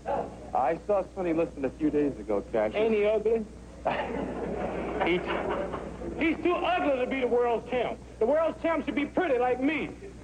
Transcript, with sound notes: I saw Sonny Liston a few days ago, Cassius.
Ain't he ugly?
(LAUGHTER)
He's too ugly to be the world champ. The world champ should be pretty like me.